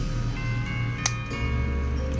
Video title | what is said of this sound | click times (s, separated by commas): 1979 AMT USS Enterprise Lake Monster Details B and C Decks & Officers Lounge and the Impulse Decks | just kind of pops into place okay | 1.1 s